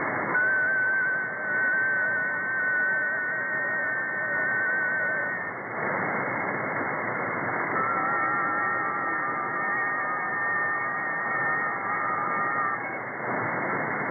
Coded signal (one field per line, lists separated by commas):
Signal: FT4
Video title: 28180 kHz - FT4 Weak Signal Digital Mode